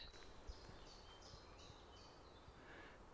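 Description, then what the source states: Common chiffchaff song, a faint series of high, thin notes alternating in pitch at an even pace, over steady background noise. Heard calling further into the woods on a cold grey morning; the song says its own name, 'chiff, chaff'.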